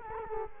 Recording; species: mosquito wingbeat signal from an infrared sensor; Culex quinquefasciatus